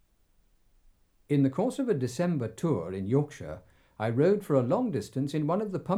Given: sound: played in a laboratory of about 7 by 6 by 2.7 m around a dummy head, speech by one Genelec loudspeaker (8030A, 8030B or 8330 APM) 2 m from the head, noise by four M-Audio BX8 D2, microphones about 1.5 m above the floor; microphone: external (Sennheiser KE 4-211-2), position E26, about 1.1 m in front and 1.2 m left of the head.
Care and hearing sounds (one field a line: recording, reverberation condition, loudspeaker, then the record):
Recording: male speech in English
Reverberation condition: low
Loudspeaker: 60 degrees to the left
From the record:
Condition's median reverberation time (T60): about 310 ms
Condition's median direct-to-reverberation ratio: about 3.5 dB